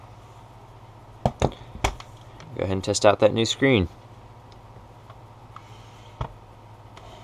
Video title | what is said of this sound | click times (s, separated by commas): Laptop screen replacement - Dell Latitude E6440 | just slide it in there and snap | 1.3 s, 1.9 s